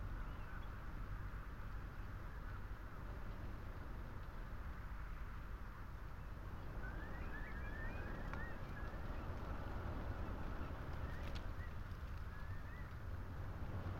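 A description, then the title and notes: Wind rushes steadily through a lone tree and telegraph wires, a dense, unbroken roar with a heavy low rumble. Around the seven-to-eight second mark and again near twelve seconds, short thin whistling tones rise briefly above the roar. Lone tree under windswept telegraph wires. The long line of them that stand along the Creel Path, on the east coast of Scotland. The tree, weather stunted and probably overlooked by almost all who stumble by on the rough stone track, holds and shelters the Lento microphones.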